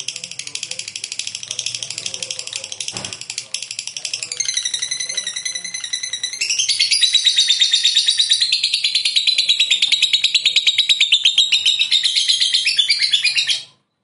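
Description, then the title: Lovebird song, a long rapid high chattering trill that grows louder and denser halfway through, with buzzy rising notes before it settles into a steady fast chatter. "Suara Lovebird"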